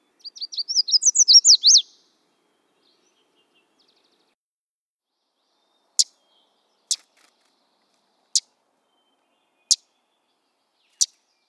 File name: Red faced Warbler